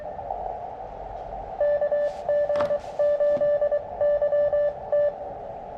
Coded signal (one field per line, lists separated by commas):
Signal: Morse code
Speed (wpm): 23 wpm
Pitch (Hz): 590 Hz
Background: radio noise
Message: KG8YT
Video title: QRP CW POTA at Filmore Glen State Park